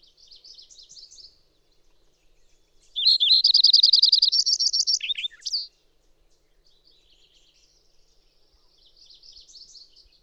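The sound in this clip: Bird song with soft high twitters, then a loud rapid trill rising in pitch, followed by a few lower, falling notes, then quieter chirps.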